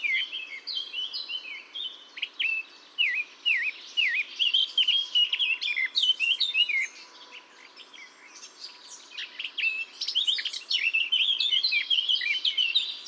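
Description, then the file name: Eurasian blackcap giving a long, varied warbling song of rapid whistled and scratchy notes over a steady low background hiss. "Sylvia atricapilla"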